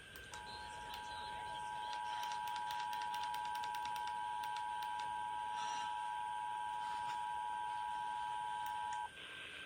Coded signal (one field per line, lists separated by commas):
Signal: Emergency Alert System (SAME) tones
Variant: 853 and 960 Hz attention tone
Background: speech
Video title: [EAS #3131–#3137] San Diego RMT (10/2/24)